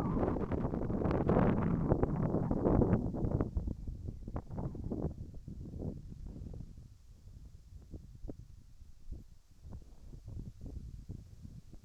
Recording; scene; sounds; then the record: everyday scene through a hearing-aid microphone; wind on the microphone; wind, whistling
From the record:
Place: in front of a rural house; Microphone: behind the ear, right, front